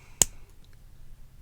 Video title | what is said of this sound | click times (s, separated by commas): Brickcraft Planet Express Futurama Ship - Build & Review | It snaps on really nicely. | 0.2 s